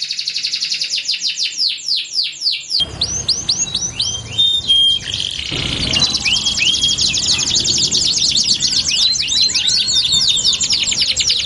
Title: Canto Para Esquentar Canário Belga. LANGSUNG NYAUT. Pancingan suara kenari hitungan detik langsung ikut bunyi